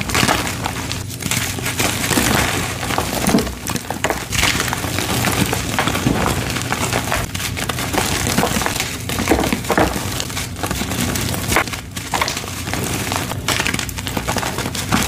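Gym chalk is crumbled and crushed in a steady, dense stream of gritty crackling and crunching that barely lets up. The loudness stays fairly even throughout, with brief dips roughly every couple of seconds as the handling pauses or shifts.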